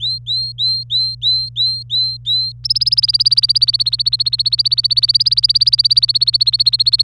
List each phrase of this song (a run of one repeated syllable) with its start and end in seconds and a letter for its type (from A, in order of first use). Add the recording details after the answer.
0.00-2.52 A, 2.64-7.03 B. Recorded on 25 April 2018 at 16:07. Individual llb3